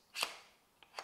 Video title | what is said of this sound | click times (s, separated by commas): Zhiyun CRANE 4 / CRANE 4E Cinepeer - Complete beginners Guide - Start Here - How to use Tutorial | like the camera we Slide the camera backward into this rail until it clicks | 0.2 s